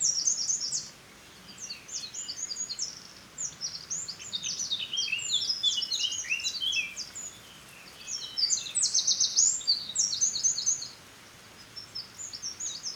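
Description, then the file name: Eurasian wren song: repeated phrases of rapid, very high chips and trills with short pauses between, including a loud, buzzy trill around nine seconds. "Troglodytes troglodytes"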